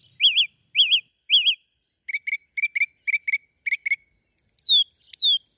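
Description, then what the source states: Song thrush song: a clear phrase repeated three times, then a clipped double note repeated several times, then higher slurred whistles. Recorded by Henk Meeuwsen for the Bird Sounds Europe app.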